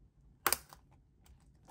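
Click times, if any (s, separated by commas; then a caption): 0.5 s. The aluminium back plate of a 13-inch Late 2012/Early 2013 MacBook Pro is pressed down onto the chassis over the clips underneath. Two sharp snaps land in quick succession at about 0.5 s, followed by fainter ticks near 0.7 s and 1.3 s. The bottom case clips snap into place and the plate is seated.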